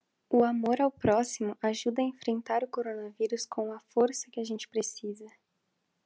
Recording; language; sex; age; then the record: spoken sentence; Brazilian Portuguese; female; 18 to 19 years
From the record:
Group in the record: control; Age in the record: 18 years